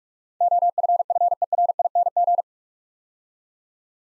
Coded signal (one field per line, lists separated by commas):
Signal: Morse code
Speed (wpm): 44 wpm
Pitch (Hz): 700 Hz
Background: none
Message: OFFERING